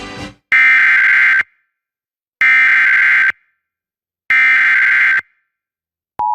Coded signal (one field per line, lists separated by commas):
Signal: Emergency Alert System (SAME) tones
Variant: header bursts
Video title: EAS Alerts from September 9th, 2023 [EAS #1,063-1,081]